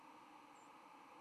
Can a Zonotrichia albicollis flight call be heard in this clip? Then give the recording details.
yes. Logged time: 06:39 on 10 November 2014